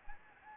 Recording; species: mosquito wingbeat signal from an infrared sensor; Anopheles gambiae